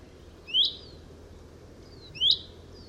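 Chaffinch uttering two brief upslurred whistle calls about one and a half seconds apart over low ambient noise.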